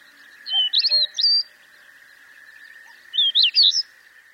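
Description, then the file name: Amur stonechat song: two short scratchy, warbled phrases of high twisting notes separated by a pause, over a steady mid-pitched background hum. "nobitaki"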